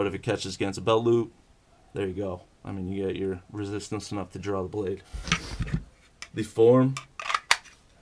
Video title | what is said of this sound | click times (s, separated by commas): TOPS C.A.T (Covert Anti-Terrorism) Knife | is good you get the positive click | 7.5 s